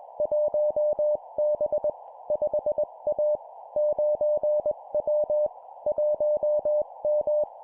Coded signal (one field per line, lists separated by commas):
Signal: Morse code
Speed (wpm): 21 wpm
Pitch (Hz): 600 Hz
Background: none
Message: 1B 5A 9W 1M